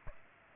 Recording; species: mosquito wingbeat signal from an infrared sensor; Aedes aegypti